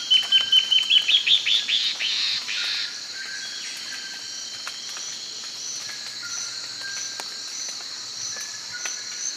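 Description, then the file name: Bird calling a quick string of bright, high notes that slide lower and fade. A steady shrill insect drone fills the rest. "SABIOD 50 bird 2015"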